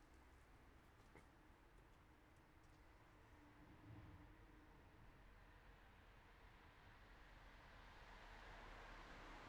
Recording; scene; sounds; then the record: everyday scene through a hearing-aid microphone; in traffic; traffic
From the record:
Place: city secondary road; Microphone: behind the ear, right, front